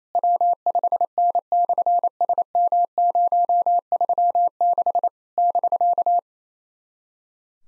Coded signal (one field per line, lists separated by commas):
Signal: Morse code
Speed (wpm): 28 wpm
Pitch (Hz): 700 Hz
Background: none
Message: W5N/SM036 <BK>